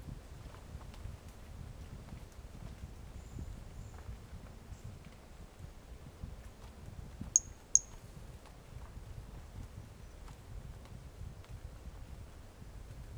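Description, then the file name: Pumpkin toadlet call: twin short, shrill high notes close together midway, amid low rumbling background and scattered faint clicks. Individual 05 recorded 18 January 2018; first note of the call missing; animal not collected. "Brachycephalus mirissimus 18 jan 2018 individual 05 ex 01 fist note missing L F Ribeiro not collected"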